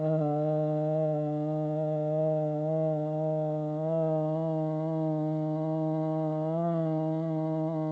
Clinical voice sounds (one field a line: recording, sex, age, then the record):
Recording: sustained vowel /a/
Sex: female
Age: 50 to 59 years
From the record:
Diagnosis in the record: amyotrophic lateral sclerosis, spinal onset 35 months earlier, no bulbar signs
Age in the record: 57 years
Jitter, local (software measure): 0.34%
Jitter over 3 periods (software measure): 0.18%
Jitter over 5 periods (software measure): 0.21%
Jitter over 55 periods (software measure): 0.83%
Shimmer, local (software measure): 2.0%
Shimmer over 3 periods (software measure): 0.9%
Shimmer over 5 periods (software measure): 1.2%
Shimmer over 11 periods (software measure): 2.1%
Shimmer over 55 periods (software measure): 5.1%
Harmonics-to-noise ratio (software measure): 10.4 dB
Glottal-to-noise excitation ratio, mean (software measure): 0.89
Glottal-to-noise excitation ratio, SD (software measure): 0.034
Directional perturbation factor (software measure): 68.2%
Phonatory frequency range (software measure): 0.21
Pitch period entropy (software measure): 0.92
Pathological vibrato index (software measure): 0.50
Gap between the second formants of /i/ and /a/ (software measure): 562 Hz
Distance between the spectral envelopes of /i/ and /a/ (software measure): 5.7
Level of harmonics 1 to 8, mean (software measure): -5.8, -8.3, -13.2, -6.0, -16.8, -27.7, -33.4, -38.6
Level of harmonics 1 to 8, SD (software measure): 1.1, 2.3, 2.2, 2.6, 2.5, 5.4, 6.9, 5.1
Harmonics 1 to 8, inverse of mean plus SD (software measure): 0.146, 0.094, 0.065, 0.116, 0.052, 0.030, 0.025, 0.023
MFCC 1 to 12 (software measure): 7.6, -2.9, -13.6, -3.8, -3.3, 3.4, -4.7, -9.2, -8.2, -8.6, 1.4, -1.0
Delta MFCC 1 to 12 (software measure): 0.000, -0.005, 0.004, 0.009, -0.006, 0.000, -0.017, 0.000, 0.012, -0.002, 0.001, 0.000